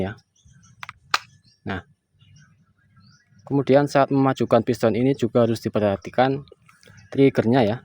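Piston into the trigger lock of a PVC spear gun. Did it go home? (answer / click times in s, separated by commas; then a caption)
yes / 1.1 s. The piston of a homemade PVC pipe spear gun is pushed forward into the trigger lock until the trigger catches and locks it. A sharp, loud click comes at 1.1 s, after two faint ticks just before it, and the piston is seated. Someone talks before the click and again from about 3.5 s on.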